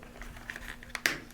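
A clear plastic lens is pushed out of a paintball goggle frame near the nose bridge, where it is held in by a snap. Faint plastic creaks and small ticks lead up to a sharp snap at 1.1 s as the lens releases from the frame.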